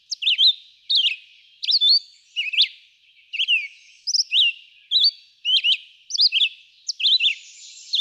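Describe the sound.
Red-eyed vireo song: short whistled phrases, some rising and some falling, separated by short pauses.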